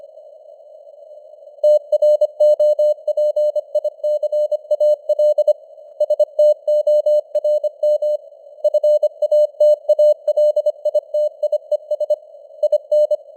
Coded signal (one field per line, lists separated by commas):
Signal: Morse code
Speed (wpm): 25 wpm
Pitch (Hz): 600 Hz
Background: none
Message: TROPICAL STORM FATALITIES IN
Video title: Morse Code News | 2025-12-01 | 25wpm